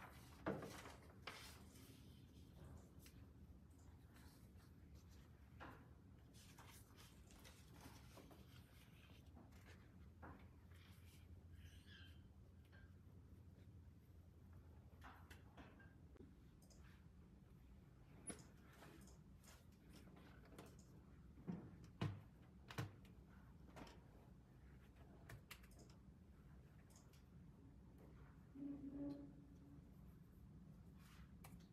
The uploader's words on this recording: Glasgow library. (university of glasgow).